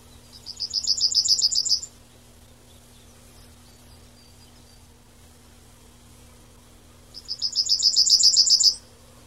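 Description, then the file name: Yellowhammer song: two phrases of fast, repeated high notes that build in loudness, about five seconds apart, with a steady low hum beneath. "Ecitrinella"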